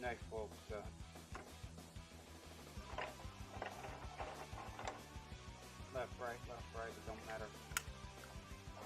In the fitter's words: Oh, that had a satisfying click.